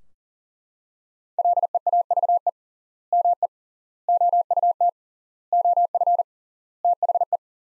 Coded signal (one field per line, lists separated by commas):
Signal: Morse code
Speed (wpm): 40 wpm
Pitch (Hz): 700 Hz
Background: none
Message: LEAVE ME OUT OF THE